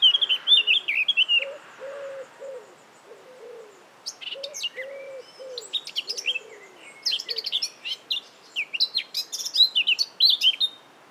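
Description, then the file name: Eurasian Blackcap warbling: a brief high phrase opens, with a series of low notes running beneath, followed by fast, varied twittering warbles in the second half. "Sylvia atricapilla"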